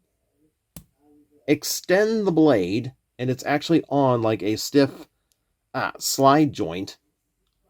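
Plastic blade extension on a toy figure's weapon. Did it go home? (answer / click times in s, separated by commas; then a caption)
yes / 0.8 s. A plastic blade on an action figure's weapon is extended along a stiff slide joint and clicks into position at 0.8 s. Someone talks over the rest of the clip.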